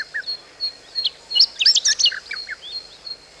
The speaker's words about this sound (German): Auch ein langer Tag reicht nicht aus zum Zwitschern. Ach, diese Lärchen.